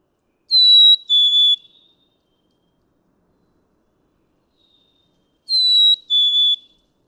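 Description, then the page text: Black-capped Chickadee song: two clear whistled notes, the first slightly higher, the second lower and level, sung twice about five seconds apart in silence. Male singing on one pitch for many songs in a row; May 7, 2017, Atlanta, Michigan. "Pitch-shifting, retaining melody—black-capped chickadee. Males can sing on one pitch for many songs in a row. May 7, 2017. Atlanta, Michigan"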